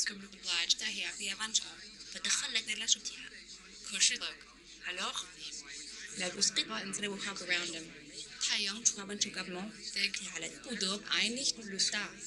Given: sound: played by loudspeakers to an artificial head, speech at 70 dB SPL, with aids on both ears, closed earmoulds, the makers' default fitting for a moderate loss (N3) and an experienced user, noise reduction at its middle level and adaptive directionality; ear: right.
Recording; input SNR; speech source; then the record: speech test signal (ISTS) in cocktail-party noise; +3 dB; on the right (90 degrees)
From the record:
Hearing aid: class 1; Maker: H